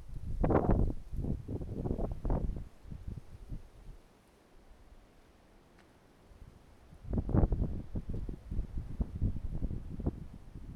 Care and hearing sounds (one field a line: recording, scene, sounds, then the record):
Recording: everyday scene through a hearing-aid microphone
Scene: wind on the microphone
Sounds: wind, traffic, birds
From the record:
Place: suburban garden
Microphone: behind the ear, right, rear